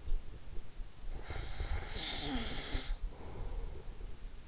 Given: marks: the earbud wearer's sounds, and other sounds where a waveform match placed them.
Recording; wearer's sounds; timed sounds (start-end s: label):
sounds in sleep by an in-ear microphone; snoring breath
1.15-4.17 s: snoring breath